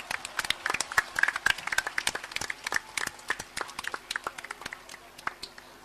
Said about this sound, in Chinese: 最后，我亦都喺度代表支联会，系好多谢今日系所有系参与我哋帮手做义工嘅义工朋友，大家俾啲掌声佢哋好唔好？